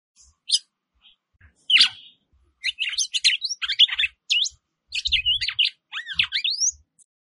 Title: Canto Galo De Campina. Galode Campina Fêmea Piadeira